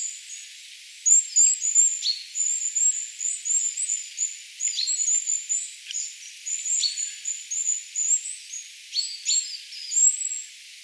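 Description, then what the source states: Goldcrests giving very high, thin, sibilant calls, short slurred notes scattered irregularly throughout, with faint background hiss. Young birds giving attention calls, recorded 22 August 2025.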